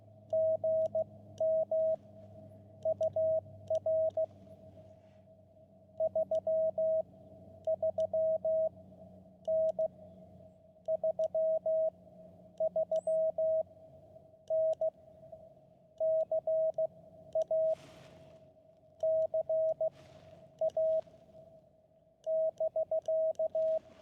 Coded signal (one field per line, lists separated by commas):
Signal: Morse code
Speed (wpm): 15 wpm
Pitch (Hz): 640 Hz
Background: radio noise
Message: GM UR 33N 33N CA CA <BK>